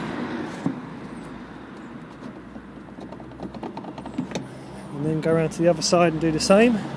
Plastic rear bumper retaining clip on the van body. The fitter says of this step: now what you want to do is you want to kind of just wiggle this out a little bit and you'll hear it pop and then